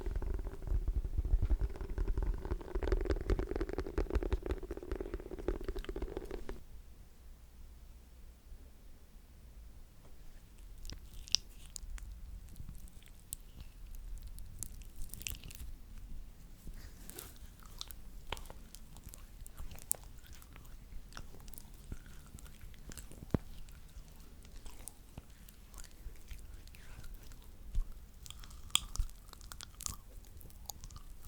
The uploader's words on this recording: Hand Sounds That Are Unpredictable At 100% Sensitivity.